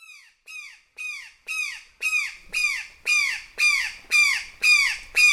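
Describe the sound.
Brown jay harsh squawking alarm calls, repeated steadily about twice a second and growing louder throughout.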